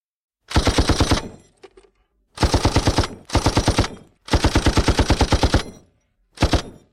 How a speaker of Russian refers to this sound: Обиженно загрохотал Шишиги ДШК, включаясь в огневую работу. Непривычно для себя на вторых ролях.